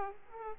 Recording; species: mosquito wingbeat signal from an infrared sensor; Aedes aegypti